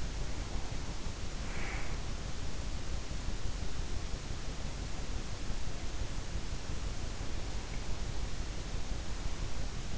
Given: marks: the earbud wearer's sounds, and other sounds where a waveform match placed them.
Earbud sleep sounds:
sounds in sleep by an in-ear microphone; breath
0.00-1.92 s: breath

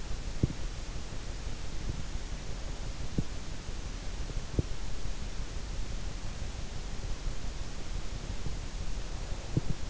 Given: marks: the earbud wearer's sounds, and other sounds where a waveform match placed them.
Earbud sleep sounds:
sounds in sleep by an in-ear microphone; teeth grinding
0.00-0.97 s: teeth grinding
1.43-2.08 s: teeth grinding
3.05-3.57 s: teeth grinding
4.35-4.94 s: teeth grinding
9.25-9.85 s: teeth grinding

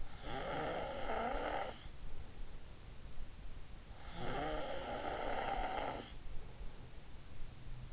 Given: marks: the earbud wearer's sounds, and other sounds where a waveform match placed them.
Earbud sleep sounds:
sounds in sleep by an in-ear microphone; snoring breath
0.00-1.91 s: snoring breath
4.05-6.26 s: snoring breath

